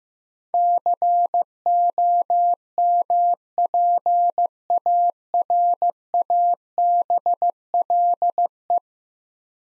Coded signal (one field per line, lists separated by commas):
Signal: Morse code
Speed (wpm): 15 wpm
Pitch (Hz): 700 Hz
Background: none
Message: COMPARABLE